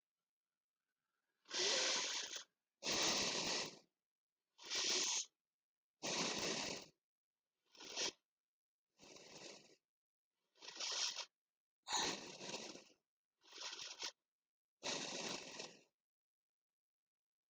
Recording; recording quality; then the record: deep breathing; moderate, slight background noise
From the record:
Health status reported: healthy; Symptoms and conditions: diabetes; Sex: male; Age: 45 years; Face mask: not worn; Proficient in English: yes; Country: India